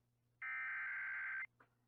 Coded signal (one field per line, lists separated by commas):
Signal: Emergency Alert System (SAME) tones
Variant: header bursts